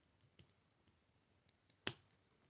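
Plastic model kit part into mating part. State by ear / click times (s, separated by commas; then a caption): seated / 1.9 s. Plastic parts of an Entry Grade Nu Gundam model kit are pushed together by hand into their mating part. After a faint tick at 0.4 s, they snap home with a loud, sharp click at 1.9 s. The part is fully seated with a clean, satisfying click.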